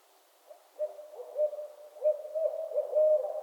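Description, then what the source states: Barred owl calling with a rapid series of throaty hoots that build, becoming louder toward the end. Owls calling during mating season in northern Michigan.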